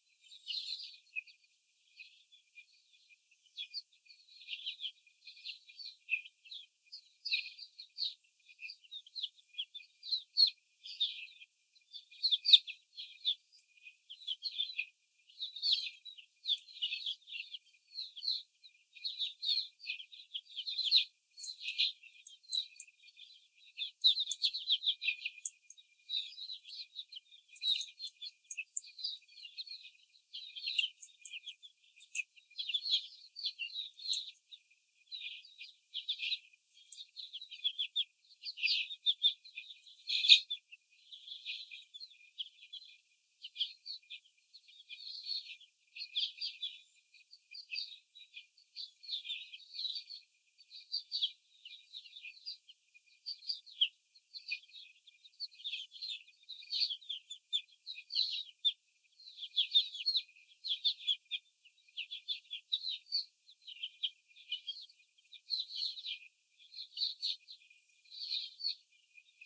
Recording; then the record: young laying hens in a cage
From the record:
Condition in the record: after the stressor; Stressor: simulated dog barking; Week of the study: 4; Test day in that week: 3